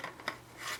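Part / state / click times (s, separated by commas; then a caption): game controller half into plastic controller grip / not seated / none. A custom Joy-Con controller is handled and slid toward a plastic Joy-Con grip, giving a brief plastic tap near 0.0 s, a sharper tick around 0.3 s, and a soft scraping rub from about 0.6 to 0.8 s. The controller has not seated or clicked into the grip yet.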